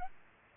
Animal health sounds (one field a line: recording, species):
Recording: mosquito wingbeat signal from an infrared sensor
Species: Aedes aegypti